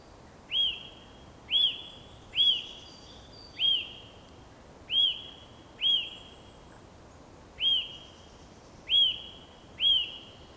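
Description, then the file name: Eurasian nuthatch repeating bright, whistled call notes roughly once a second, each quick upslur fading into a trailing tone, over low background hiss. "Sitta europaea"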